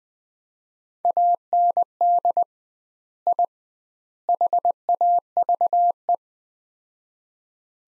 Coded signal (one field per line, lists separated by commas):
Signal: Morse code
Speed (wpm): 21 wpm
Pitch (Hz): 700 Hz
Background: none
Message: AND I HAVE